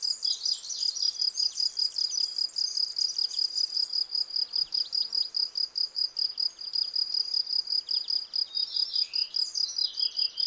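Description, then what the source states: Field cricket song of steady, high chirps, overlaid by lively bird twittering, including a descending whistled phrase near the end. Field crickets singing in a garden lawn at Val Maravel on 18 April 2020, three days into their singing, with fresh new wings giving clear stridulation; recorded on Nagra Seven with cardioid MKH40 microphone.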